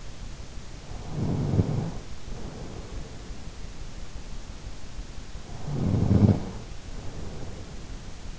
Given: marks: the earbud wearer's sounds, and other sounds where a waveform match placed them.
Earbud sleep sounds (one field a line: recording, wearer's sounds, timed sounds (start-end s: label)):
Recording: sounds in sleep by an in-ear microphone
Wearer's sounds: snoring breath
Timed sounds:
0.85-3.58 s: snoring breath
5.40-8.39 s: snoring breath